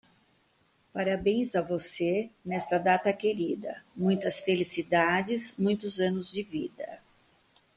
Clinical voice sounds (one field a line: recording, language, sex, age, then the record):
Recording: short text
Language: Brazilian Portuguese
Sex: female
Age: 50 to 59 years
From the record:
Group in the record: control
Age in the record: 58 years